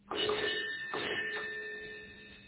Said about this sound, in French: Jeudi soir, appartement des Bello. Un coup de sonnette impérieux.